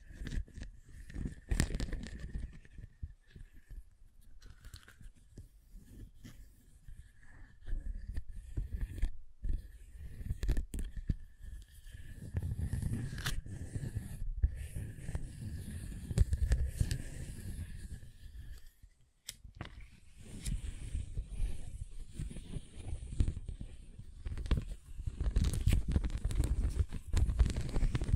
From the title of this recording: Scratching & Tracing